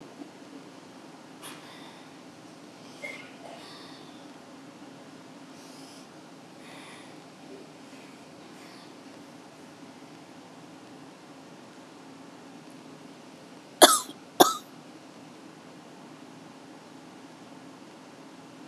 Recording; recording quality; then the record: shallow breathing; excellent, no background noise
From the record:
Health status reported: COVID-19 positive, mild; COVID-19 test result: positive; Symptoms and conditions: cough, cold, fever, muscle pain, hypertension, diabetes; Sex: female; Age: 49 years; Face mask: not worn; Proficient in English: yes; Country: India